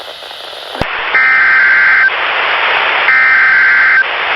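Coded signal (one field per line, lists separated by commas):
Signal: Emergency Alert System (SAME) tones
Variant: header bursts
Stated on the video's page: SAME tones of Required Weekly Tests received on eight NOAA Weather Radio stations.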